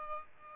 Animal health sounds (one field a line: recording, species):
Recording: mosquito wingbeat signal from an infrared sensor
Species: Aedes albopictus